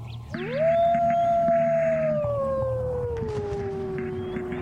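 lone wolf howling

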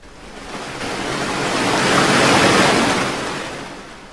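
ocean waves crashing

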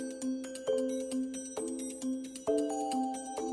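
telephone ringing

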